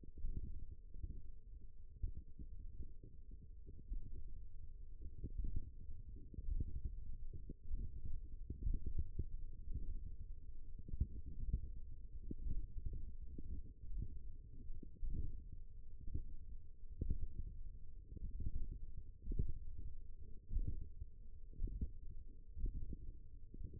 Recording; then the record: forearm muscle sounds (acoustic myography)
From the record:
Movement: tripod grip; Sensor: system 1, eight BSWA MPA416 microphones around the upper forearm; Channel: 3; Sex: female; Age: 20 years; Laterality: right